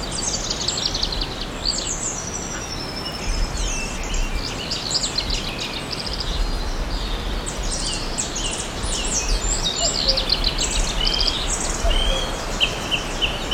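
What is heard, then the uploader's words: A dense, steady chorus of many birds chirps and trills high above a constant low rush of forest ambience. Calls overlap continuously for the whole stretch, some bright, with no pause or single standout event. PRIMEVAL FOREST.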